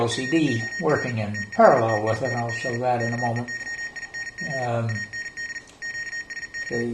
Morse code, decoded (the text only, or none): FOR TESTING KEYING AND QSK